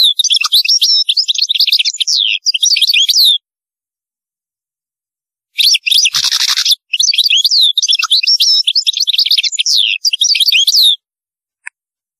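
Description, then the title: European goldfinch song: fast, tinkling twittering with rapid up-and-down whistled notes and a brief rasping buzz, delivered in two long phrases around a short pause. "Chant Chardonneret"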